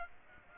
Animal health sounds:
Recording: mosquito wingbeat signal from an infrared sensor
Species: Aedes aegypti

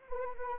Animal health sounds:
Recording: mosquito wingbeat signal from an infrared sensor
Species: Anopheles arabiensis

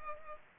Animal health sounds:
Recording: mosquito wingbeat signal from an infrared sensor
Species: Culex pipiens

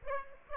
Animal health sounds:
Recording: mosquito wingbeat signal from an infrared sensor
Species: Aedes aegypti

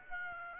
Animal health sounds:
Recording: mosquito wingbeat signal from an infrared sensor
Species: Aedes aegypti

